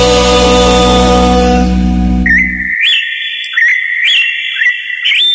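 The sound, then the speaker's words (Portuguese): Music fades out, then a bird chirps alone in a steady, high whistled tone, each call flicking upward roughly once a second, repeating four or five times. “Ora, e continuamos então com mensagem de um passarinho.”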